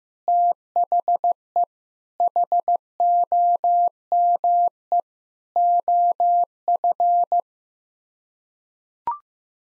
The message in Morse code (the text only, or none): THE HOME OF